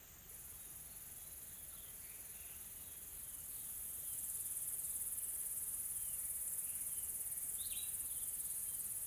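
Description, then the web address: Insects make a constant high-pitched drone that swells after four seconds. Faint bird chirps come and go in the background. Soft, calm insect ambience in a tropical forest in South Africa. "Sonniss com - GDC 2020-Game Audio Bundle Smart Sound FX - Nature South Africa AMBIENCE Additional Tropical Forest Soft Insects Calm"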